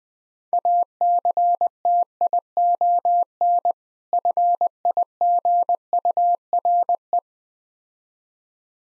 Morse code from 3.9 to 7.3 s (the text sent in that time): FIGURE